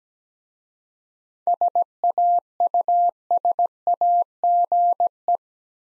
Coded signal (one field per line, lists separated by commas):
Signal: Morse code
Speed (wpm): 17 wpm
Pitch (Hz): 700 Hz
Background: none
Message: SAUSAGE